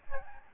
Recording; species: mosquito wingbeat signal from an infrared sensor; Aedes albopictus